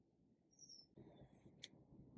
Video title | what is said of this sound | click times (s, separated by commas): ANPABO Ride On Car UTV 4x4 24V White - How to Assemble | Right here, the windshield just snaps in place, no screws required. | 1.6 s